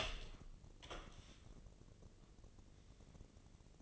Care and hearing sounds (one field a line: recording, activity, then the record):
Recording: daily activity, microphone in the room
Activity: open door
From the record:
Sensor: 4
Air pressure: 1013.2 hPa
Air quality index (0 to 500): 178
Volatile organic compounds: 2 ppm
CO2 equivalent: 1119 ppm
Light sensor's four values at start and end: 71/172/72/73 and 95/239/98/105